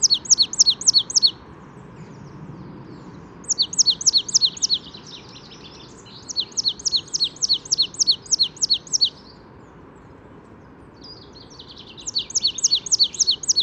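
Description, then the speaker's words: Marsh Tit singing four rapid phrases of sharp, descending high notes, separated by pauses. Spring morning in an urban park in the Paris region; only resident birds singing, migrants not yet arrived; birds well fed at feeders throughout the area. "Voici le chant de la mésange nonnette."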